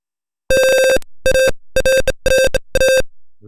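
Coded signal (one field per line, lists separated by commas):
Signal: beep code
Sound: five short harsh buzzer beeps around 530 Hz, each slightly stuttering, evenly spaced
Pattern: 5 short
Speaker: let's test mine and see if it beeps like it's supposed to. There's five beeps.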